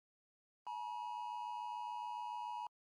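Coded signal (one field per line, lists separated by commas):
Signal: Emergency Alert System (SAME) tones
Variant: 853 and 960 Hz attention tone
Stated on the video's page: Simulated EAS alert, a mock scenario remade in a longer version.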